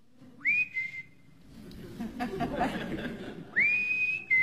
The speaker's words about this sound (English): Someone's whistling outside.